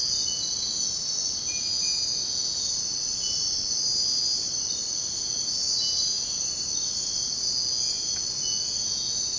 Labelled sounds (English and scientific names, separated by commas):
none